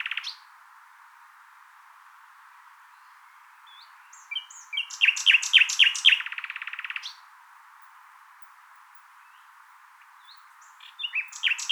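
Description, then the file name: Common nightingale song phrase building from scattered chirps into loud fast repeated notes and a dry rattling trill, then silence before another phrase begins. "Luscinia megarhynchos"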